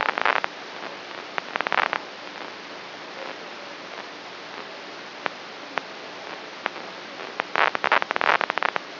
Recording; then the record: brain microelectrode recording played as sound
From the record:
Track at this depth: inside the subthalamic nucleus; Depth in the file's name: 2.523 mm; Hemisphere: right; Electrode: 3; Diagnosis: Parkinson's disease